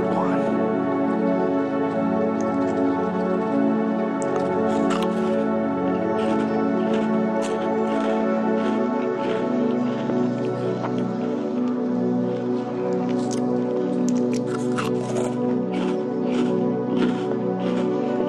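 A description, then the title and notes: Someone eats crunchy snack rings, with sharp, brittle crunches and clicks arriving irregularly but often throughout, clustering more thickly after the midpoint. A steady, layered droning tone hums underneath the whole time, keeping the overall loudness nearly constant. ASMR - Eating Burger Rings.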